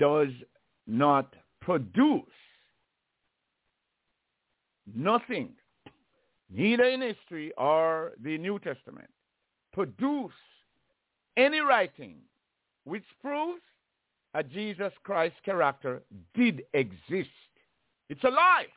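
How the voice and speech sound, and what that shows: Adult male speaker with natural stammering and stuttering. Speech comes in short fragments separated by long pauses, with prolonged sounds, and he cannot get words out the way he intends.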